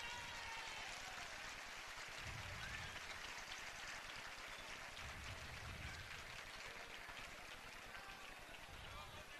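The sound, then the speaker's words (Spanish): An audience at a carnival event (Carnaval 2009) applauds steadily, a dense, crackling wash of many hands clapping at an even, sustained loudness throughout, with some low murmuring voices mixed in beneath, in tribute to former carnival performers. “Un aplauso para ellos.”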